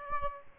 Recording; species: mosquito wingbeat signal from an infrared sensor; Aedes aegypti